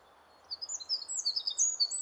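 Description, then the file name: Eurasian wren: a quick, shrill stream of high warbled notes and trills starting after a short quiet moment. "Troglodytes troglodytes"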